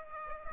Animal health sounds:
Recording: mosquito wingbeat signal from an infrared sensor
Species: Aedes aegypti

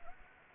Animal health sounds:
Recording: mosquito wingbeat signal from an infrared sensor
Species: Anopheles gambiae

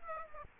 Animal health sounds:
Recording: mosquito wingbeat signal from an infrared sensor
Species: Aedes aegypti

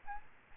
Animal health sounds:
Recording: mosquito wingbeat signal from an infrared sensor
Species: Aedes albopictus

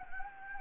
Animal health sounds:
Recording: mosquito wingbeat signal from an infrared sensor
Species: Anopheles gambiae

